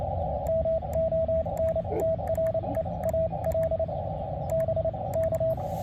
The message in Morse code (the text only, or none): MONTREAL BK